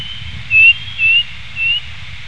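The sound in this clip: Bird giving three clear, upslurred whistles about half a second apart against a faint low rumble and hiss.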